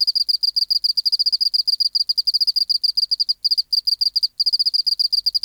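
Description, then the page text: Oceanic field cricket calling song, crisp high pulses in quick repeated groups, with two short gaps between three and a half and four and a half seconds, and nothing else audible. Museum specimen recorded in an acoustic laboratory at 24°C, 30% humidity, still air, dim light; 19 March 1984, 11:15 local time. "Teleogryllus oceanicus. BioAcoustica"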